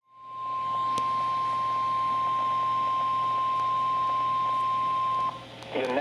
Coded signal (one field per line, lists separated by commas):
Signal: Emergency Alert System (SAME) tones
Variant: 1050 Hz attention tone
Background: speech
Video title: (EAS #487) Severe Thunderstorm Warning (KEC56)